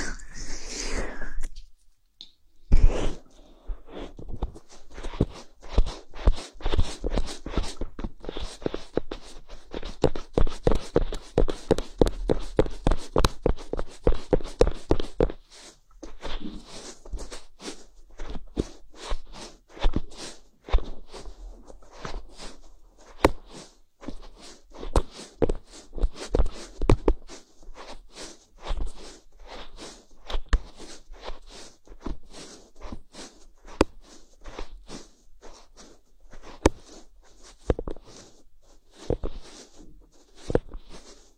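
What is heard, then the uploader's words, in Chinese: Ear cleaning with a feather brush: dense scratchy crackles and taps, busiest in the first fifteen seconds, then sparser, quieter rustling. 梵天掏耳。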